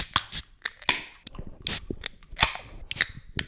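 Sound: beer can being opened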